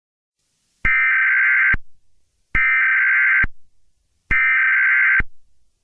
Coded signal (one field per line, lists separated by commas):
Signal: Emergency Alert System (SAME) tones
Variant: header bursts